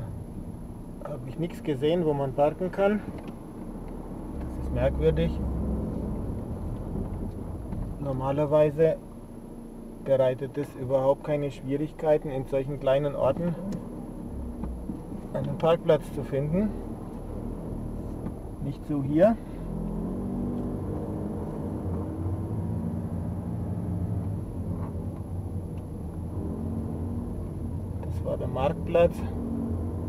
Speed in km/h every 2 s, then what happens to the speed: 4, 4, 8, 9, 1, 0, 0, 3, 10, 10, 19, 21, 18, 17, 18.
0-6 steady at about 4. 6-8 brakes to 1. 8-12 standing. 12-21 pulls away to 21. 21-30 steady at about 18.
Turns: none.